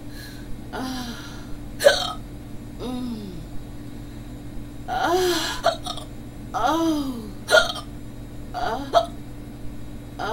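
An adult hiccuping repeatedly, with several abrupt hiccups in quick succession.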